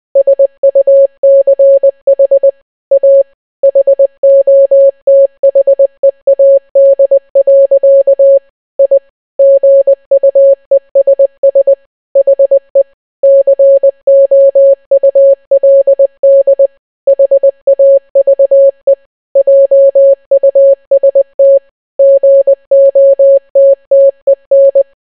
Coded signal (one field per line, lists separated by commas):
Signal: Morse code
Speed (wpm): 20 wpm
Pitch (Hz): 550 Hz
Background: none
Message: SUCH A HOTHEAD. I GUESS HE COULD HAVE JUST GOTTEN